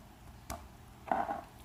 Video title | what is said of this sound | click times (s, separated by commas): Loose USB Cable Fix | you can hear it snap i can actually | 0.5 s, 1.1 s